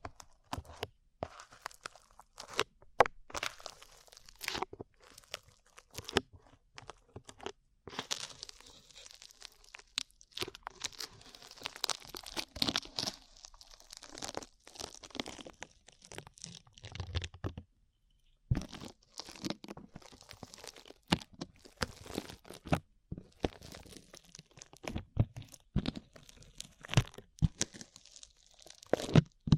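Sticky slime being squished and pulled, a dense run of sharp crackly pops and crunchy snaps with brief pauses near 10 and 18 seconds.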